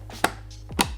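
A RAM module is pressed with a firm push into the second and third DIMM slots on a motherboard, with the slot latches opened first. Two sharp clicks are heard at 0.2 s and 0.8 s over a steady low background hum. The RAM is confirmed seated in the slots.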